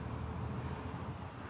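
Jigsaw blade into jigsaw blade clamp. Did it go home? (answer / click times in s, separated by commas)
no / none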